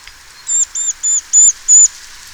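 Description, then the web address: Eurasian Nuthatch calls, a run of five clear, high, even-pitched notes in quick succession, the last two loudest, against quiet surroundings. "SETE Sitta europaea"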